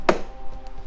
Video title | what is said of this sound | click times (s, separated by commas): How to INSTALL and Use "GRACO TABLE 2 TABLE PREMIER FOLD 7-IN-1 HIGH CHAIR" | that click that's when you know it's steady | 0.1 s